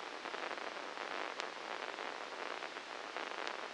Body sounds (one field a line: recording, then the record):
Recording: brain microelectrode recording played as sound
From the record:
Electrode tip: inside the subthalamic nucleus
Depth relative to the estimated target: -1 mm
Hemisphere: left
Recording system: NeuroSet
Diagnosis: Parkinson's disease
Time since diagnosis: 13 years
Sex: male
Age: 63 years